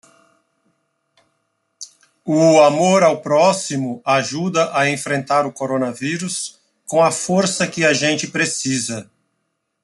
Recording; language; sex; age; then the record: spoken sentence; Brazilian Portuguese; male; 50 to 59 years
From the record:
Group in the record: control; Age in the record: 52 years